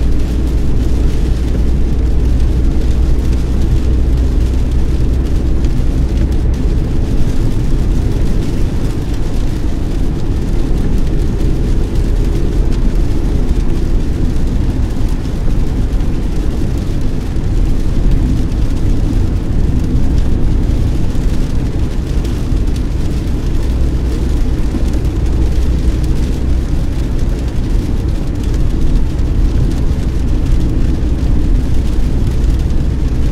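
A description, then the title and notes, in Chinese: Driving on a highway in the rain: a steady, dense low rumble of road and engine noise fills the whole clip at constant loudness. A deep hum sits underneath, with a faint hiss of spray and wet tires above, and no distinct events stand out. 雨天在高速公路上行驶。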